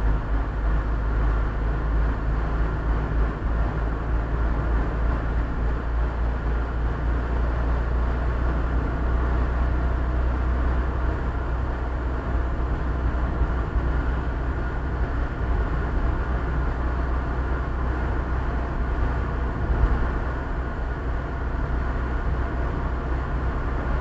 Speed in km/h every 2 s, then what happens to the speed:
51, 53, 55, 55, 59, 60, 59, 60, 60, 60, 61, 61.
0-10 speeds up to 60. 10-24 steady at about 60.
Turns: none.